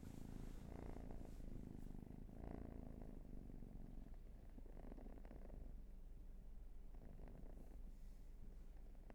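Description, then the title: Cat purring, a deep continuous rumble that swells and eases with its breathing. Raw recording of purring. "Purrathon"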